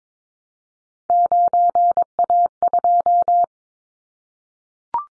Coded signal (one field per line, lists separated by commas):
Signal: Morse code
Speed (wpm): 22 wpm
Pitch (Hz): 700 Hz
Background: none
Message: 9A2